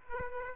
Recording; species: mosquito wingbeat signal from an infrared sensor; Aedes aegypti